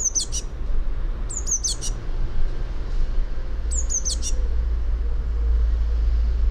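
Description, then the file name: Eurasian blue tit giving three quick bursts of high, thin falling notes in the first two-thirds, then only a loud, deep rumble continues. "Cyanistes caeruleus"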